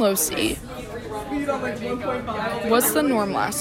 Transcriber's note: Kresge Hall sounds